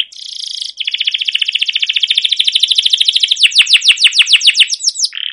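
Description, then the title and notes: Canary song: a buzzy burst, then a long run of rapidly repeated notes that become clear downward-swept whistles. Long continuous canary song used as a lure to train other canaries to sing. "CUIT CUIT NGEROL LANGSUNG GACOR PANJANG Kenari Ini AMPUH Utk Pancingan KENARI. burung kenari"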